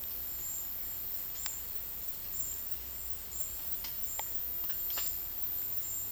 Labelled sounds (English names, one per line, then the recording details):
none
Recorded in secondary vegetation near Puerto Asís, Putumayo, Colombia, on 4 March 2025 at 13:00
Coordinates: 0.498, -76.327
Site G001